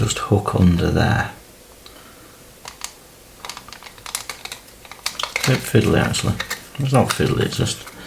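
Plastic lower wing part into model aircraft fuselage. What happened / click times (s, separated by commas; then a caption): The plastic part is being worked into position but has not yet seated / none. The plastic lower wing of an Airfix 1/48 De Havilland Chipmunk T.10 model aircraft is being hooked by its lugs under the fuselage while someone talks. Between the words there are sharp little plastic clicks and taps, at about 2.8, 4.2, 4.3, 5.1, 5.2 and 5.4 seconds, as the part is handled. The clip ends before the wing goes home, so nothing has seated or clicked into place yet.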